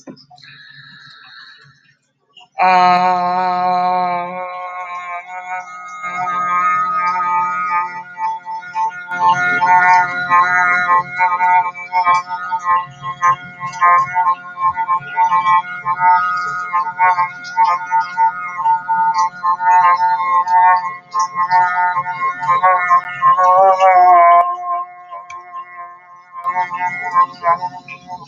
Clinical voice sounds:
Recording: vowel held as long as possible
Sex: female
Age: 40 to 49 years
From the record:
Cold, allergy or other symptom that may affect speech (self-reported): no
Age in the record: 40 years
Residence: Ohio, United States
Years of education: 18

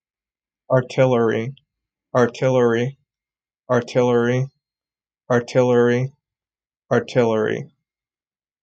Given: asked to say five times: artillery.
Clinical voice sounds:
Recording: repeated word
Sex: male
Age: 30 to 39 years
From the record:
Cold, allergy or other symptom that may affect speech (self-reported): no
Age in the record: 36 years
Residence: Minnesota, United States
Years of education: 14

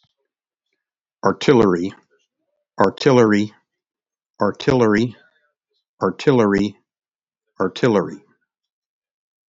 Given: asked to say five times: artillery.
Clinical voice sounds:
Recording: repeated word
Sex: male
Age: 60 to 69 years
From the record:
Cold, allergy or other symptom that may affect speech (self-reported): no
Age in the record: 63 years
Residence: North Carolina, United States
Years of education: 16

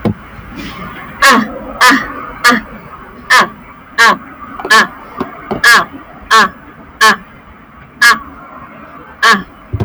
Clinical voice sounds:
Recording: vowel held as long as possible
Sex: female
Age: 20 to 29 years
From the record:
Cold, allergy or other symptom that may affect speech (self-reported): yes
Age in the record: 29 years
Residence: Texas, United States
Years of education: 25

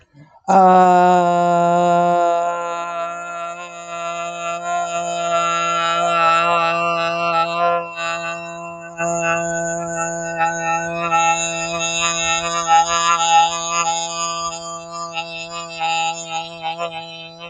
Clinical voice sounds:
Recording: vowel held as long as possible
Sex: female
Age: 20 to 29 years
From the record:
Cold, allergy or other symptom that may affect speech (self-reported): no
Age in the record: 23 years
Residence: Florida, United States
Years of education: 13

